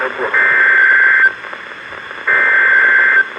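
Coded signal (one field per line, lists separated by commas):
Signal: Emergency Alert System (SAME) tones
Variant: header bursts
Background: speech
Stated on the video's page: Real Tornado Warning EAS alerts from NOAA Weather Radio transmitters.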